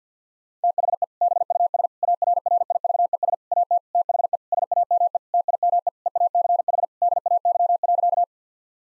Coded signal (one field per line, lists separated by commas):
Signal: Morse code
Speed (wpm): 50 wpm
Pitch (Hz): 700 Hz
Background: none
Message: THE BUS ARRIVES AT THE SAME TIME EACH DAY.